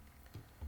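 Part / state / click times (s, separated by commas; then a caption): plastic back hinge and front panel into the figure body / not seated / none. A plastic back hinge on the nose-cone section of a Transformers Siege Apeface figure is pressed downward so the front panel will lock into the figure body. Only faint, low handling bumps are heard, around 0.35 s and from 0.6 s to the end. Nothing has seated or clicked, because the hinge does not go into place.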